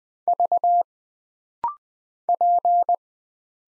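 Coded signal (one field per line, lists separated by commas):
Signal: Morse code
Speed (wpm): 20 wpm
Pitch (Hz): 700 Hz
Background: none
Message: V P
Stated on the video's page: Rapid-fire 20wpm Morse drill of single letters and numbers, each character sent twice, for instant character recognition.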